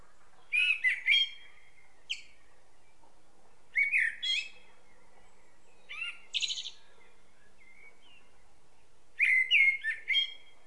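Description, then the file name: Common blackbird song, phrases of low mellow whistles closing in thin high twitters, several bursts with gaps between them. "Turdus merula"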